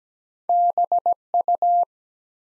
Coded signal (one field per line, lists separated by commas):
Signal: Morse code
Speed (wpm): 17 wpm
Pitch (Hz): 700 Hz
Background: none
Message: BU